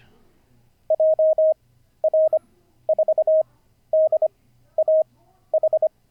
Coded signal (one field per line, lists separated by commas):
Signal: Morse code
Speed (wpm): 25 wpm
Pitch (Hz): 620 Hz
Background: none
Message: JR4DAH